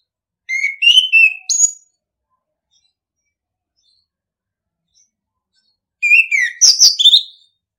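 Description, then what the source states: Orange-headed thrush song: a whistled phrase of slurred notes, then after a pause a denser burst of high, rapid chirps and whistles. Training song (masteran) in the ngeplong style.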